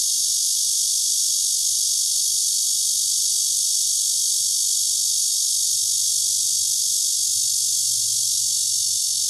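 Cicada holding a loud, constant high-pitched electric buzz throughout, with a faint low hum beneath.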